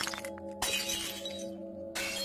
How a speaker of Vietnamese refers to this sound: Nó rú lên một tiếng, cùng với đó là bên trong vang lên âm thanh đổ vỡ.